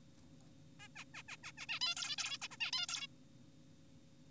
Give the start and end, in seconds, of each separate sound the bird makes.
0.80-0.88, 0.96-1.04, 1.14-1.23, 1.29-1.37, 1.44-1.52, 1.58-1.66, 1.69-1.80, 1.81-1.95, 1.97-2.16, 2.18-2.38, 2.42-2.48, 2.51-2.57, 2.60-2.71, 2.73-2.86, 2.89-3.07